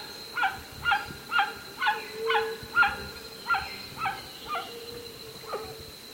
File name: White winged guan